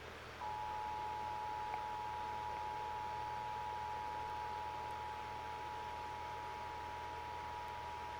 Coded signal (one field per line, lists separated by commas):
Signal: Emergency Alert System (SAME) tones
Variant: 853 and 960 Hz attention tone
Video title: Emergency Alert System,Required Monthly Test(9/5/2019) 2:03AM